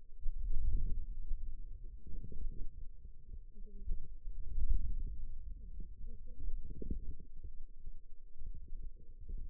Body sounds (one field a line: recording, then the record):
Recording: forearm muscle sounds (acoustic myography)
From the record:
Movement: wrist flexion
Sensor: system 2, bracelet of six BSWA MPA416 microphones around the upper forearm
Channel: 3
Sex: female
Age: 21 years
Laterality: right